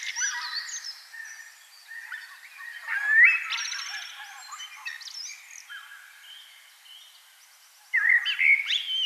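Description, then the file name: Common blackbird singing: busy scratchy high notes mixed with a swooping whistle, a lull, then a fresh loud whistled phrase near the end. "Turdus merula"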